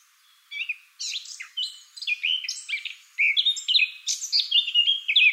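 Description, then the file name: Eurasian blackcap song: after a short quiet start, a hurried mix of squeaky and rich warbled notes builds into loud, clear fluting phrases. "Sylvia atricapilla"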